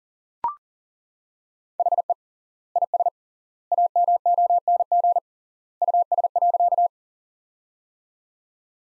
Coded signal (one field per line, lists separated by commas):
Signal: Morse code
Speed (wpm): 37 wpm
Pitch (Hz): 700 Hz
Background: none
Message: HE IS AMONG US.